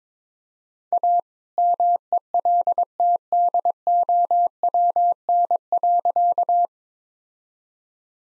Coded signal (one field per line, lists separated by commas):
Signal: Morse code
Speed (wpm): 22 wpm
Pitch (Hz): 700 Hz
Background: none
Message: A MELTDOWN.